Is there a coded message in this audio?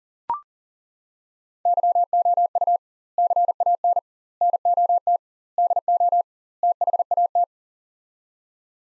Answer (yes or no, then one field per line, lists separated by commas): yes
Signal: Morse code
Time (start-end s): 1.7-7.4 s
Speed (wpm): 40 wpm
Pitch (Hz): 700 Hz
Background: none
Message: YOU CAN NOT DO THAT